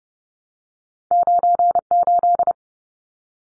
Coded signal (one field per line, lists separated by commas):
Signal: Morse code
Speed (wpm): 30 wpm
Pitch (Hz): 700 Hz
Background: none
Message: 98